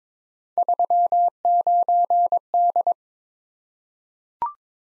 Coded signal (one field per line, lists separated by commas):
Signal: Morse code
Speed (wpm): 22 wpm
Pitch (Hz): 700 Hz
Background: none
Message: 39D